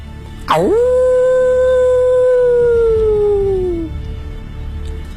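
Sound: wolves howling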